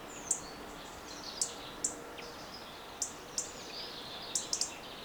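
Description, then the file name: European robin calling with brief, very high sharp ticks spaced irregularly, some doubled, against a noisy background with faint thin twitters. "Erithacus rubecula"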